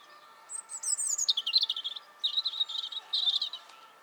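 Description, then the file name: European robin song phrase: very high thin notes dropping into a rapid, scratchy warble, then two more quick twittering bursts, with a faint steady hum beneath. "Erithacus rubecula"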